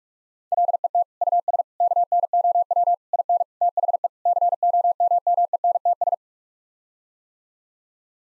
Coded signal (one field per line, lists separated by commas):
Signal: Morse code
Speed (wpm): 46 wpm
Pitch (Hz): 700 Hz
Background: none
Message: LET US KNOW IN THE COMMENTS